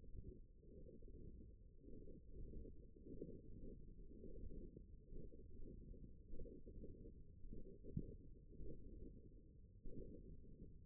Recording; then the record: forearm muscle sounds (acoustic myography)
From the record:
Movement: index flexion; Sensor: system 1, eight BSWA MPA416 microphones around the upper forearm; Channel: 7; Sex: female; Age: 21 years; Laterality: right